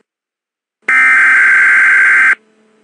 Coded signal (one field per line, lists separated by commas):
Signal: Emergency Alert System (SAME) tones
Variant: header bursts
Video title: EAS #51: NYS Math Exam (4/26/22)